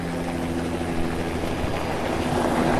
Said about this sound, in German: Hin und wieder taucht ein Hubschrauber am Himmel auf, der in Sekundenschnelle auch schon wieder weg ist.